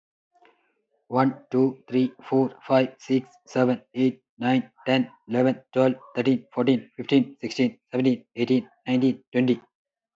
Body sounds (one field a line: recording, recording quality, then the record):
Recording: counting at a fast pace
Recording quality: excellent, no background noise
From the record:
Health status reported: healthy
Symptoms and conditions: cough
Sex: male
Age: 37 years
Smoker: not ticked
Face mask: not worn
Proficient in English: yes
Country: India